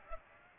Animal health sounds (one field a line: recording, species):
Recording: mosquito wingbeat signal from an infrared sensor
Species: Aedes aegypti